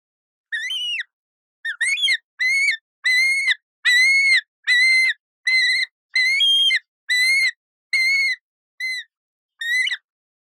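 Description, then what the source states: Yellow-billed kite giving strained, whistled screaming calls, repeated roughly a dozen times with short gaps between them. Distressed.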